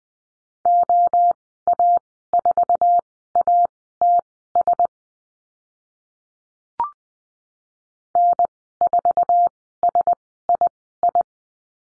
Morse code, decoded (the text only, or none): OA4ATS N4SII